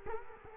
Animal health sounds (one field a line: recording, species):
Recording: mosquito wingbeat signal from an infrared sensor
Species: Culex quinquefasciatus